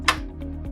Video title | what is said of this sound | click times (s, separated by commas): Replacing Consumables for your Panasonic KV S1027C Scanner | make sure that you hear a snap | 0.1 s